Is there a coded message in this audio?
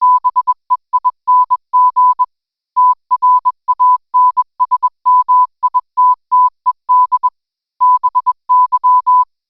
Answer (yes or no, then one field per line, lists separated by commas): yes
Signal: Morse code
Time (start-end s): 0.0-9.2 s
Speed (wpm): 21 wpm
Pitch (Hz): 1000 Hz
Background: none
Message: BEING TRANSMITTED BY